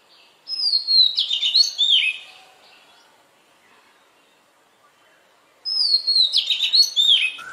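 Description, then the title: Oriental magpie-robin song: two rich whistled phrases of sliding, warbling notes, separated by about three and a half seconds of near silence. "Magpie Robin Song Doyel Pakhir Dak Wildindiamit"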